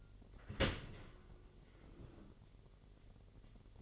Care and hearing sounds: daily activity, microphone in the room; open dishwasher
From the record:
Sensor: 4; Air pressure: 999.0 hPa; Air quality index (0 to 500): 127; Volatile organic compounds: 2 ppm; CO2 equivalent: 1249 ppm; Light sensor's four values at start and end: 7/17/7/7 and 7/17/7/7

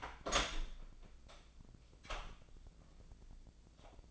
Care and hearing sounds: daily activity, microphone in the room; open door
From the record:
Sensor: 5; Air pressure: 1009.2 hPa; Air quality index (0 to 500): 165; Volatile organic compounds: 2 ppm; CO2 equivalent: 1261 ppm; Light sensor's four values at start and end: 158/374/159/172 and 157/373/158/172

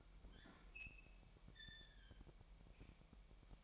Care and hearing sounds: daily activity, microphone in the room; open fridge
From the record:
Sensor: 1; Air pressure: 1002.0 hPa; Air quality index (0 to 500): 244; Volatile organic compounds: 50 ppm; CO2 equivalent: 3296 ppm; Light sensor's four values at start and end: 8/27/10/11 and 8/27/10/11

